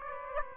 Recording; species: mosquito wingbeat signal from an infrared sensor; Aedes aegypti